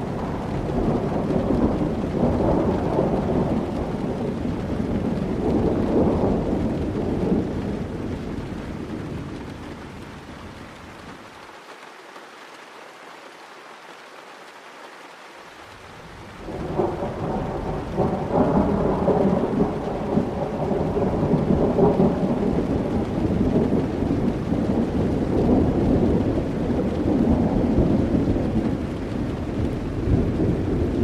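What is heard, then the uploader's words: Rain and rumbling thunder roll steadily, easing into a quiet lull around eleven to sixteen seconds before the heavy low rumble returns. Rain & Thunder Sleep Sounds - White Noise.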